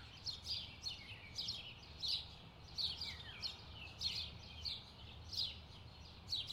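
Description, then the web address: Birds chirping, sharp high downslurred notes in repeated clusters, with faint low background noise. Distant birds in a park. "sound-effects-bible Park Birds Distant"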